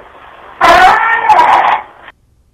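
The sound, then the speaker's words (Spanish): A loud, harsh, saturated scream-like voice in a paranormal recording made in an ordinary house with no nearby sound source erupts suddenly, saying one word and holding a strained wailing tone for about a second and a half over a faint hiss, then cuts off abruptly into silence. “Muy fuerte, como un grito, dice una palabra, yo la he escuchado, era muy saturada, muy fuerte, pero parece casi, Clara, un alarido”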